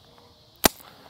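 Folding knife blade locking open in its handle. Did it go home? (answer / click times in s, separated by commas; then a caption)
yes / 0.7 s. A large folding knife blade is flicked open and locks into place in its handle. A single sharp, broadband snap is heard at 0.7 s against a quiet background, and the lock engages into solid lockup.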